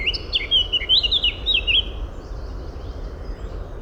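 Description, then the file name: Eurasian blackcap singing one short warbled phrase of clear looping whistles lasting about two seconds, followed by quieter background sound. "Sylvia atricapilla"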